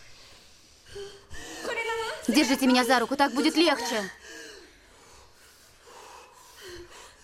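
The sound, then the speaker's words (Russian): Heavy, pained breathing of a woman in labor, with sharp gasps and strained, groaning exhalations that swell loudest midway, while another voice speaks softly over them. “… кривит лицо от боли, тяжело дышит.”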